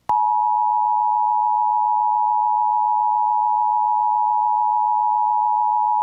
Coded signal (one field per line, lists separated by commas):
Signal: Emergency Alert System (SAME) tones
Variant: 853 and 960 Hz attention tone